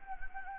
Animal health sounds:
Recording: mosquito wingbeat signal from an infrared sensor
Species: Anopheles gambiae

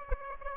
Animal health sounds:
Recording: mosquito wingbeat signal from an infrared sensor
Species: Aedes aegypti

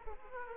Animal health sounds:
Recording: mosquito wingbeat signal from an infrared sensor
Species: Aedes aegypti

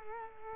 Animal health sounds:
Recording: mosquito wingbeat signal from an infrared sensor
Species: Culex quinquefasciatus

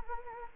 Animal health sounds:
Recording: mosquito wingbeat signal from an infrared sensor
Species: Anopheles gambiae

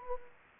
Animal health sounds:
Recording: mosquito wingbeat signal from an infrared sensor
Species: Anopheles gambiae

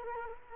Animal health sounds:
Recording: mosquito wingbeat signal from an infrared sensor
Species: Culex quinquefasciatus

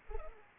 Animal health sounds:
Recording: mosquito wingbeat signal from an infrared sensor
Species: Culex pipiens

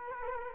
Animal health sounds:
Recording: mosquito wingbeat signal from an infrared sensor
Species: Culex quinquefasciatus

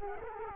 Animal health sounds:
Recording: mosquito wingbeat signal from an infrared sensor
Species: Culex quinquefasciatus

